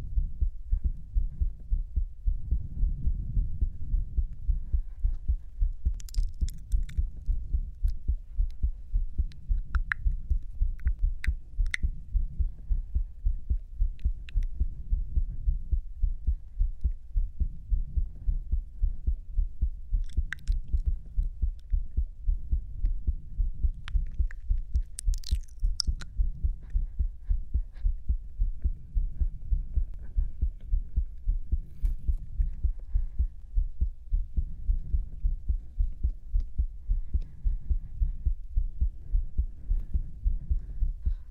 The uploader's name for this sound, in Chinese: 左心跳声右耳边呼吸